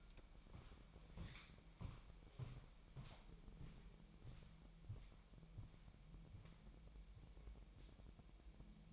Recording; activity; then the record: daily activity, microphone in the room; walk to room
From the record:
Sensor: 1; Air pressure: 1002.0 hPa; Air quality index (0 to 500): 247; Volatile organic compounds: 52 ppm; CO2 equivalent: 3318 ppm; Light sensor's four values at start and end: 7/18/7/8 and 8/19/8/9